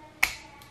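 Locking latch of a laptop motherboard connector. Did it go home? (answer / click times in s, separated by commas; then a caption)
yes / 0.2 s. On a Lenovo X250 laptop, the plastic locking latch of an internal motherboard connector is pulled back until it clicks shut, after the connector was reseated a few times to scrub the contact. A single sharp, bright click at 0.2 s stands out against faint background noise, followed by a much fainter high tick near 0.6 s. The latch is closed and the connector is seated.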